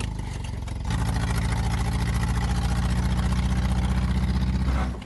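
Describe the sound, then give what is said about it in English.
A car engine runs steadily with a low, throbbing drone as the car is guided up alongside another car so the two sit side by side. The drone grows a little louder and fuller after the first second, then holds an even, continuous hum with no talking. “All right, now all you got to do is guide this car up so the two cars are side by side.”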